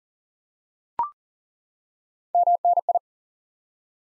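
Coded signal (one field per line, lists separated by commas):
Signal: Morse code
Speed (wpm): 38 wpm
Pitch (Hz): 700 Hz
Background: none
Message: MNI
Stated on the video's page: High-speed (QRQ) Morse drill of single common QSO elements for instant word recognition.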